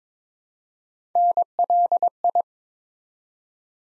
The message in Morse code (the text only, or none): NLI